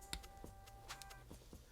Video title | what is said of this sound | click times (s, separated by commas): Galaxy Watch 4 Classic Edition: Watch This First!!! | and it should snap back in place and it's not snapping so i'm | none